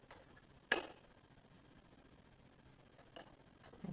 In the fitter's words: sure I put it in here make to hear that click there